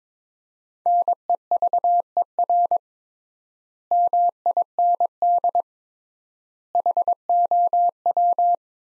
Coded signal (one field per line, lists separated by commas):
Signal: Morse code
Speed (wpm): 22 wpm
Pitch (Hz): 700 Hz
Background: none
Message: NEVER MIND HOW